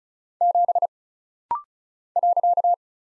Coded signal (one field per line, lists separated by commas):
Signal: Morse code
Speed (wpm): 35 wpm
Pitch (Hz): 700 Hz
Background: none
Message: 7 .